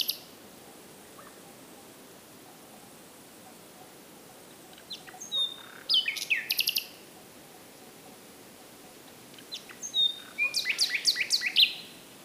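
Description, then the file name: Common nightingale song in two bursts of high chirps and rapid repeated notes, with quiet pauses between and steady background hiss. "Luscinia megarhynchos"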